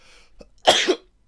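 One short, harsh cough lasting about a third of a second from an adult man, a lingering cough that persists after COVID-19 infection.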